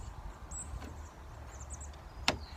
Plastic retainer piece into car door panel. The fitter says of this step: that snaps into place okay these two holes right here this hole and this